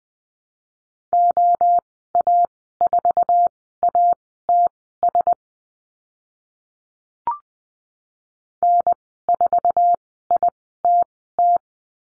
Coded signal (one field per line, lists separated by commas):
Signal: Morse code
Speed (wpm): 20 wpm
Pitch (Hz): 700 Hz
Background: none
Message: OA4ATS N4ITT